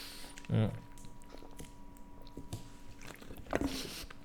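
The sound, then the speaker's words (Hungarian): Someone takes a drink, with two short wet gulping or swallowing sounds a few seconds apart and soft mouth noises in between, no talking. “csak előtte iszom egy torkot... Torkot. Tehát iszom egy torkot”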